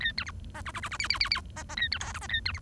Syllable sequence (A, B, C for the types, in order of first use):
A B C D E E E E F F F F D D A B G H D A B C